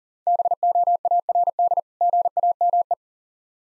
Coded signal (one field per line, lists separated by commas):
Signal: Morse code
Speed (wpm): 40 wpm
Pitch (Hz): 700 Hz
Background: none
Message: BOARD GAME